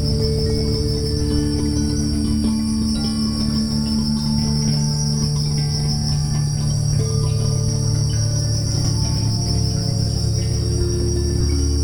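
Cricket chirping continues as an even, rapid high trill while soft ambient music chords swell and shift beneath it.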